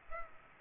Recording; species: mosquito wingbeat signal from an infrared sensor; Culex pipiens